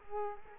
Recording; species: mosquito wingbeat signal from an infrared sensor; Culex quinquefasciatus